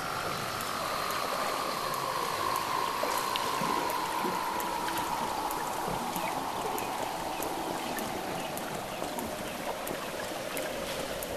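Weddell seal underwater call, a long tone gliding slowly downward through the whole stretch, over steady clicking and a background of other faint calls.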